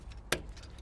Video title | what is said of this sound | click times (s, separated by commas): GowringsVersa Mobility | hear the little click | 0.3 s